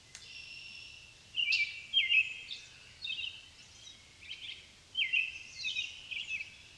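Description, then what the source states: Common blackbird song: short warbled phrases with twittering ends, coming in bursts roughly every second after a quiet opening, over a steady background hiss. Blackbirds, plural, at Amos Pond in the countryside.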